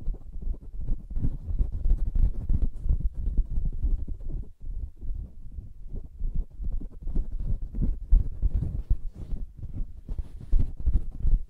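Soft fabric being tapped and scratched, a dense, continuous run of muffled, low thuds and brushing strokes with quick, irregular rhythm. Brief pauses occur around four and a half seconds and near seven seconds, and a few scratches carry a faint brighter hiss.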